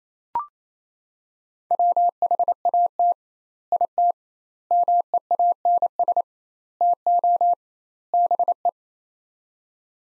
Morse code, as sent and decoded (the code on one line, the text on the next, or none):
.-- .... .- - / .. - / -- . .- -. ... / - --- / -... .
WHAT IT MEANS TO BE